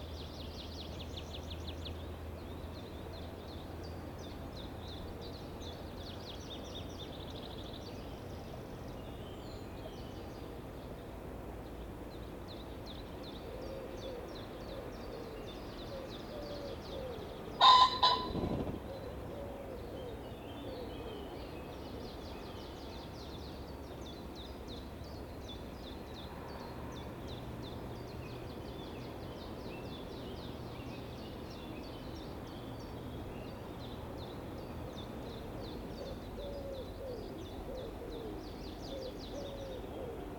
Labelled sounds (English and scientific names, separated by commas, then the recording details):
Common Pheasant (Phasianus colchicus) call
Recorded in captivity
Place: Groß Nemerow, Mecklenburg-Vorpommern, DE
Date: 1982-05-03
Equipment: Nagra III BH, Sennheiser MD 22
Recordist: Schubert, Michael
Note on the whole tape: Zwei Fasanen: Männchen, Weibchen : leise, dumpfe Rufe, Flattersprünge, z. T. Lauf- und Trampelgeräusche des Männchen